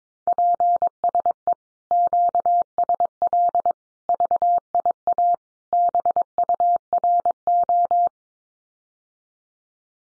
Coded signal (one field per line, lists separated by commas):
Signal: Morse code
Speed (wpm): 22 wpm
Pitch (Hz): 700 Hz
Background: none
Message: PSE QSL VIA BURO